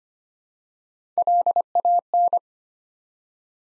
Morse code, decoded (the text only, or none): LAN